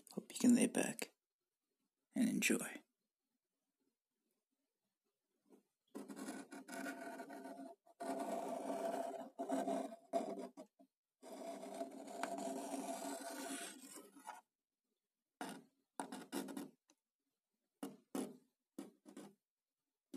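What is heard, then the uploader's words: Wood sounds: two short bursts open the clip, then long creaking, groaning passages from about six to fourteen seconds. The end brings scattered brief knocks and clicks separated by silence, all fairly low-pitched. ASMR - Wood sounds.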